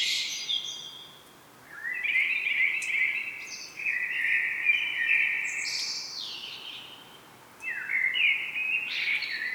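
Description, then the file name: Common blackbird giving a high twitter, a pause, then several fluty warbled phrases with squeaky high inserts. "Turdus merula"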